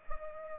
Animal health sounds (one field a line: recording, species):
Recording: mosquito wingbeat signal from an infrared sensor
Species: Culex pipiens